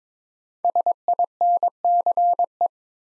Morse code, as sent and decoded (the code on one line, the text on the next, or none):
... .. -. -.-. .
SINCE